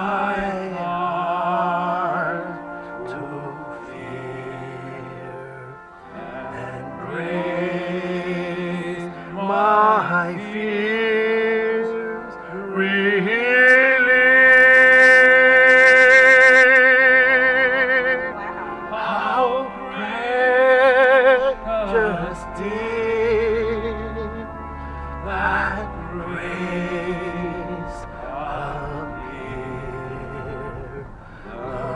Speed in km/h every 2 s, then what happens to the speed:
0, 0, 0, 0, 0, 0, 0, 0, 0, 0, 0, 5, 25, 38, 42, 48.
0-21 standing. 21-32 pulls away to 48.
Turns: none.